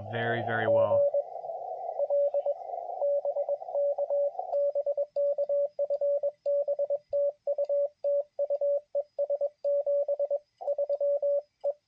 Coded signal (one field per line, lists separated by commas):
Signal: Morse code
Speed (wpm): 21 wpm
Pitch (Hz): 560 Hz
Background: speech, radio noise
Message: GL BK BK FB TU TU ES 73 E